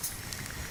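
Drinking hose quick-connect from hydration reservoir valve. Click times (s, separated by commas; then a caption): 0.3 s. The thumb release on the drinking hose quick-connect of a Foxelli H2O Beetle hydration pack is pressed, and the hose pops off the hydration reservoir valve. A short, sharp click is heard at 0.3 s over a steady low background. The coupling releases easily.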